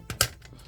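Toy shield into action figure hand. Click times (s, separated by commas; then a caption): 0.2 s. A plastic toy shield is worked around an action figure's fingers and pushed into its hand. A softer tick at 0.1 s comes first, then a sharp snap at 0.2 s, and a faint tap follows at about 0.5 s. The shield snaps into place and is seated in the figure's hand.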